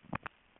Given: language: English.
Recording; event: throat vibration sensor signal played as sound; swallow